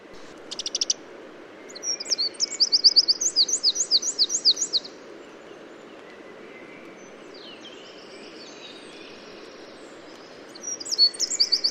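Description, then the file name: Eurasian wren giving rapid, high, sharp repeated notes in bursts, a long series from two to five seconds, then a pause and another burst near the end; faint thin notes between. "Troglodytes troglodytes"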